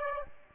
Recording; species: mosquito wingbeat signal from an infrared sensor; Aedes aegypti